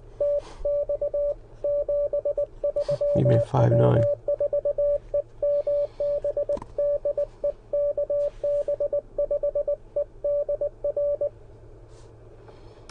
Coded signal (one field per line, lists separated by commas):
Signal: Morse code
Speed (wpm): 20 wpm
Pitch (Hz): 580 Hz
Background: speech, radio noise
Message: TX 73 W4EMB DE KB5EDR